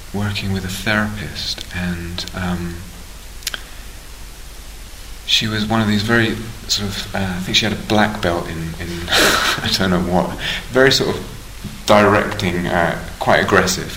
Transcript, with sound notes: working with a therapist, and she was one of these very sort of -- I think she had a black belt in... [laughs] I don't know what. Very sort of directing, quite aggressive.